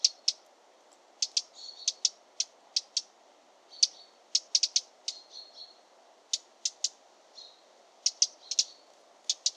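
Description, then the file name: Eurasian wren repeating dry, high-pitched tick notes in rapid irregular bursts, some doubled or tripled, over a quiet steady background. "Troglodytes troglodytes"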